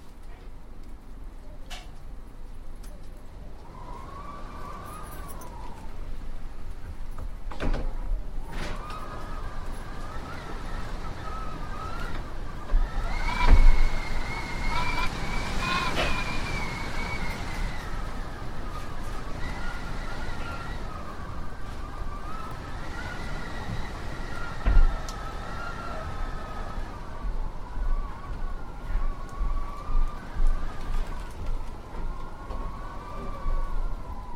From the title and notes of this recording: Howling Winds. This immersive audio track captures the eerie and haunting sound of winds as they blow through trees, buildings, and across landscapes.